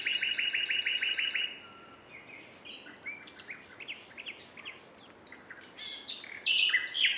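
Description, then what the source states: Common nightingale song: a fast, loud run of repeated buzzy notes, a pause, then scattered varied chirps and a final burst of sharp rattling notes. Recording described as a nightingales' concert.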